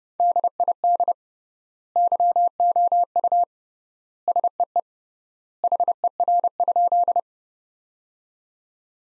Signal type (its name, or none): Morse code